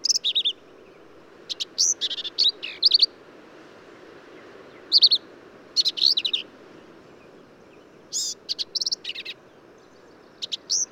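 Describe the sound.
Black-capped vireo song: clipped, squeaky phrases mixing sharp notes and buzzes, repeated irregularly with pauses between groups.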